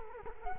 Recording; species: mosquito wingbeat signal from an infrared sensor; Culex quinquefasciatus